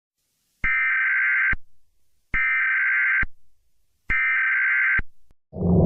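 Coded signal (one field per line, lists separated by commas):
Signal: Emergency Alert System (SAME) tones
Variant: header bursts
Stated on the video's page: Fictional EAS scenario with added effects.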